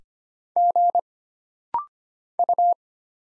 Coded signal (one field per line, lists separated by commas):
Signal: Morse code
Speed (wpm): 25 wpm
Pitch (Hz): 700 Hz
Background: none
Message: G U